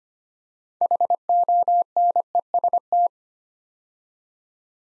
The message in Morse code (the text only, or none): HONEST